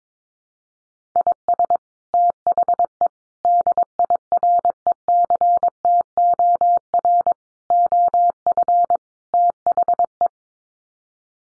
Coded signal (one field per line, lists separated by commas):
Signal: Morse code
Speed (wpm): 22 wpm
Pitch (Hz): 700 Hz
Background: none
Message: IS THE DIRECTOR OF THE